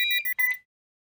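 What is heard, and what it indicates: A quick burst of high electronic beeping tones, a typical hospital device alarm, hard to localize, whose source machine is hard to identify: it could be an IV infusion pump, epidural pump, intra-aortic balloon pump, dialysis machine or ventilator.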